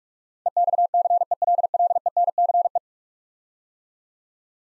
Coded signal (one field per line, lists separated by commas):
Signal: Morse code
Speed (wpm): 44 wpm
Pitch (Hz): 700 Hz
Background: none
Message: EXCELLENCE